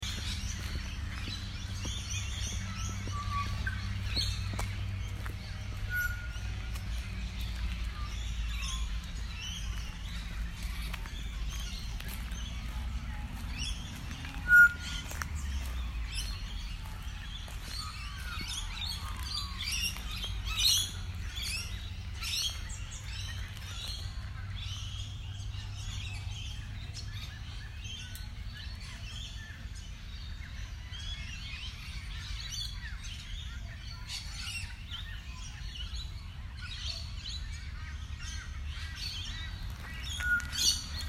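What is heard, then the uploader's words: Small birds chirp and tweet intermittently through the clip, their short bright calls scattered and mostly soft. A steady low rumble runs underneath throughout, with a couple of sharper clicks near the middle. Just a little bird song while we get things set up.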